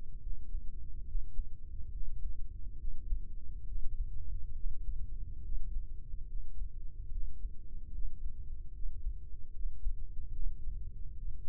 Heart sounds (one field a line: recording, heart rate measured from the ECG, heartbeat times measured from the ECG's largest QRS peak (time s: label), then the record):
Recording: heart sounds by microphone in the right ear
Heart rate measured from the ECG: 71 bpm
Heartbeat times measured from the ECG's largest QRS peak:
0.20 s: heartbeat
1.05 s: heartbeat
1.91 s: heartbeat
2.78 s: heartbeat
3.66 s: heartbeat
4.55 s: heartbeat
5.42 s: heartbeat
6.28 s: heartbeat
7.11 s: heartbeat
7.93 s: heartbeat
8.73 s: heartbeat
9.53 s: heartbeat
10.34 s: heartbeat
11.15 s: heartbeat
From the record:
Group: healthy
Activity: breath hold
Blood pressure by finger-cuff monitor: 166/89 mmHg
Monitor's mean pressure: 106 mmHg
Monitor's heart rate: 70 bpm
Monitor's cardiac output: 6.9 L/min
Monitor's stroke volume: 100 mL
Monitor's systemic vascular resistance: 1140 dyn s/cm5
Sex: male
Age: 57 years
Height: 188 cm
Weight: 106 kg